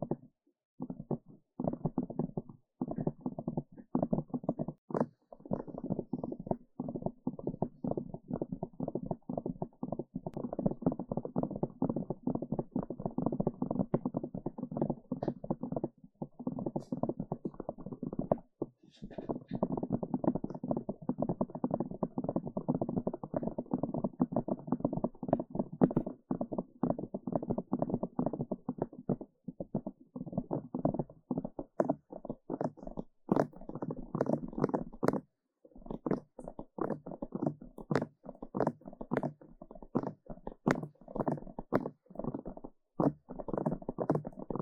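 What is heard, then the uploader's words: Rapid tapping runs almost without pause for the full length, a dense, even patter of soft, low-to-mid thuds with a muffled quality. Brief gaps break the stream near 5, 16, 19 and 35 seconds, and a few sharper, brighter clicks stand out in the second half. 快速耳朵敲擊 | EAR Fast Tapping for Tingles | NoTalking.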